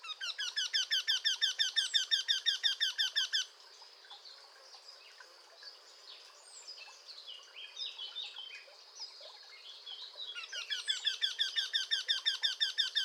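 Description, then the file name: Eurasian wryneck calling: a fast run of nasal notes for over three seconds, then a second series starting near the end, with other small birds twittering between. "torcol"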